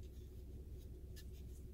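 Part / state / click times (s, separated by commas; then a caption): front plastic clip of overhead console unit / not seated / none. The front plastic clip of the overhead console unit on a 2012 Ford F150 is handled while the rear window that will not open is being fixed. A steady low rumble continues throughout, with a few faint high ticks of handling. Nothing has seated or clicked yet.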